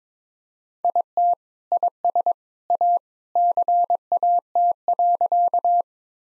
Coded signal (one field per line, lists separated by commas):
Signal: Morse code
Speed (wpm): 22 wpm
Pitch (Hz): 700 Hz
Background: none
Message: IT IS A CAT.